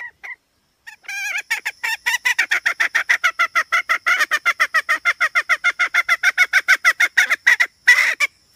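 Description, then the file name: Red junglefowl hen cackling: a few harmonic wavering notes, then a long fast run of harsh clucks, ending in a louder burst. Female (hen). "tieng ga mai rung"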